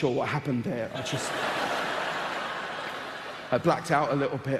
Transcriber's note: laughter